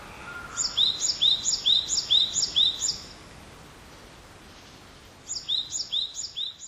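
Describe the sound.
Great tit song: bright two-note phrases, high then lower, repeated several times in a quick series, a pause, then another series begins; faint steady background hiss.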